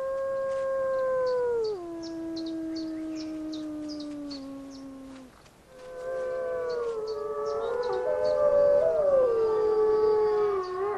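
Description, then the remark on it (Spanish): A wolf pack howls together: a long, sliding low howl first, then several overlapping voices rising and wavering in chorus, with faint high yips scattered above. “Los aullidos son una manera de comunicarse con otros lobos, incluso a distancias de hasta 16 kilómetros.”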